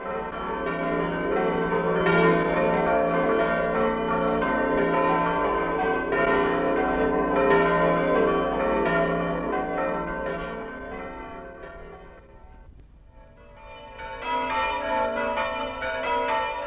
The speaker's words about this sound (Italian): da Paluzza a Treppo Carnico, da Paularo a Priola, da Timau a Ligosullo, lanciano gli argentei rintocchi delle loro campane per dare a voi, amici emigrati, l'accorato, nostalgico saluto della carne.